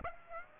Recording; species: mosquito wingbeat signal from an infrared sensor; Aedes aegypti